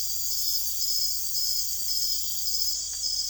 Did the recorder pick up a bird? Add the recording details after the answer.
no. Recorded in secondary vegetation near Puerto Asís, Putumayo, Colombia, on 21 December 2024 at 03:00. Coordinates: 0.488, -76.319. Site GP04